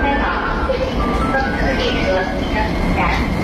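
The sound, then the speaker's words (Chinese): A subway train in Beijing pulls into the platform as a family lines up to board, with a loud, steady rumble, overlaid by shifting high-pitched whines and squeals from the wheels and motors throughout. “哎，宝贝儿，你看地铁来了，咱们一起排队上车喽！”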